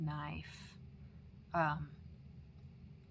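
A Civivi Elementum folding pocket knife is handled as its blade is about to be flipped open and locked in its handle. Someone talks in two short bursts, with a brief hissing rustle in between. Nothing has clicked or locked into place yet.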